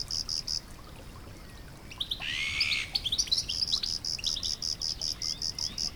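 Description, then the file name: European goldfinch giving a brief burst of liquid, twittering calls, with a steady high pulsed sound before and after it. "Carduelis carduelis"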